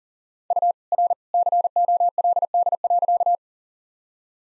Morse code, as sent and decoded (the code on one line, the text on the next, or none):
..- / .-. / -.-. --- .-.. -.. .-.-.-
U R COLD.